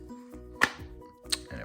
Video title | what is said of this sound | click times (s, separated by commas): WALL-E Build Series: Final Mechanics Before Paint | it pops right in. We like that. | 0.6 s, 1.3 s